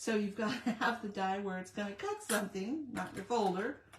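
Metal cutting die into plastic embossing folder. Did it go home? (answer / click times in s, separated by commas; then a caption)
no / none. Someone talks while handling a thin metal cutting die, positioning it to go into its slot in a plastic embossing folder, with a brief faint sound near 3.9 s. Nothing has seated or clicked yet; the clip ends just before the die locks into the folder.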